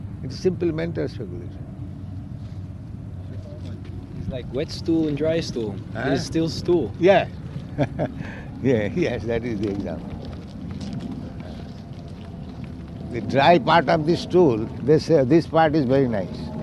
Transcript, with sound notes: It is simply mental speculation.
It is like wet stool and dry stool. It is still stool.
Eh? Yes. [chuckles] Yes, that is the example. The dry part of the stool, they say, "Oh, this part is very nice."